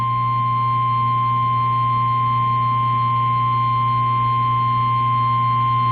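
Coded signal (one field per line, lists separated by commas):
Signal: Emergency Alert System (SAME) tones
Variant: 853 and 960 Hz attention tone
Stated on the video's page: Flash flood warning received over AM/FM radio.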